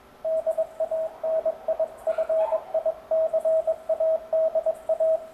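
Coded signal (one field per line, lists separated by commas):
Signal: Morse code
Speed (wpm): 22 wpm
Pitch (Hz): 660 Hz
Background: radio noise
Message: DANIFICADA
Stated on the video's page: CW conversation between two amateur radio operators.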